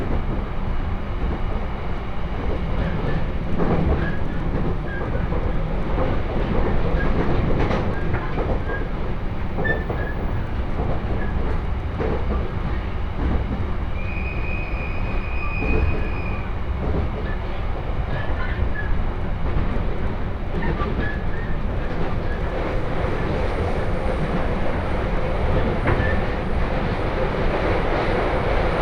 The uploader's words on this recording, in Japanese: 鉄道旅 東北本線 福島→北白川。列車はこの途中で福島県から宮城県へと入っていきます。